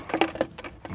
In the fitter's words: the same way you came out, and it clicks right into place, and you're good to go.